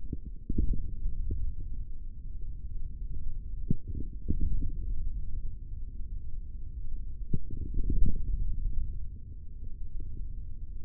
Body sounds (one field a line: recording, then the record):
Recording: forearm muscle sounds (acoustic myography)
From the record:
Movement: hand closing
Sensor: system 3, bracelet of six PUI Audio POM-2738L microphones around the upper forearm, with dedicated amplification and filtering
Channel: 5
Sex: male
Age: 23 years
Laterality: right